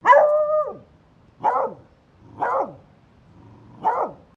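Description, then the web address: Beagle barking: four barks over about four seconds, the first longer and drawn out with a falling end, the others short and hoarse, against a quiet background. Female beagle barking. "Sound Effects-Foundation 1 ANIMAL DOG BEAGLE FEMALE BARK"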